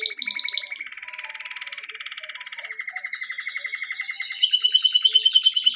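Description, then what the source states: Canary song made of continuous fast trills, first buzzy and churring, then switching to a higher, clearer pulsing trill near the end. Song used for training.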